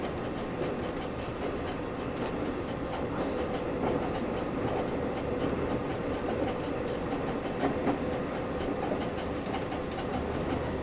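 A Taiwan Railways EMU1200 electric train runs at speed, its nose-suspended traction motors giving a dense, steady roar with a low rumble underneath. A faint tone hums through the middle, and light clicks and rattles from the wheels and cars come at irregular intervals.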